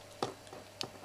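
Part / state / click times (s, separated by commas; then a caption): plastic toy robot arms into their shoulder joints / seated / 0.2 s, 0.8 s. During transformation of a plastic Transformers Animated Blurr action figure, the toy robot's arms are pushed up into their shoulder joints. Two sharp plastic clicks are heard at 0.2 s and 0.8 s, with a faint softer tick between them. The arms snap into their locked position.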